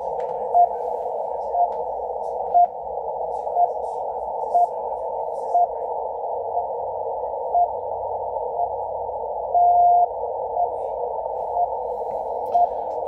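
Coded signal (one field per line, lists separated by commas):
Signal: radio time signal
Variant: RWM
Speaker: 14 996 pretty good also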